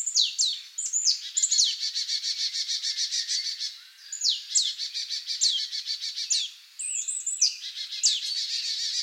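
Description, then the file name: Marsh tit calls: sharp high notes sliding steeply downward, given in short runs, over a steady dense pattering of rapid high chirps throughout. "Poecile palustris"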